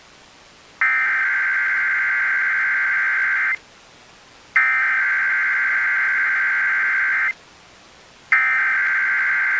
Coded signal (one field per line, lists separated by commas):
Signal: Emergency Alert System (SAME) tones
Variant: header bursts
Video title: EAS Tornado Watch Much of the Mid-South and Illinois (Strong Tornadoes Likely!) NOAA Weather Radio